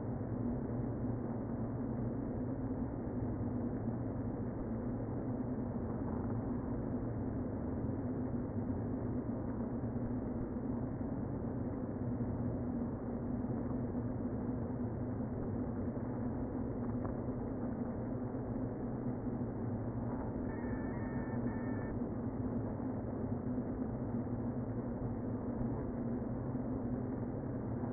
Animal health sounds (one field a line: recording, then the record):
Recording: honeybee colony, microphone inside the hive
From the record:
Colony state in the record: queen present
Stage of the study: before two queens were removed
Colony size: about 60,000 bees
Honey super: yes